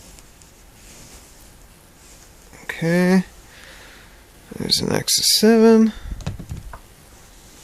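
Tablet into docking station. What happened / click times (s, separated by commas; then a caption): The tablet is being handled toward its dock; no seating click yet / none. A 7-inch Asus Nexus 7 tablet is being handled and placed into its docking station so its connector will engage, while someone talks and brief light handling taps are heard. The tablet has not seated or clicked into the dock yet.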